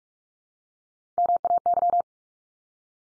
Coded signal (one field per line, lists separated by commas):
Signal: Morse code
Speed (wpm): 44 wpm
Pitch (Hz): 700 Hz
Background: none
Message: MAY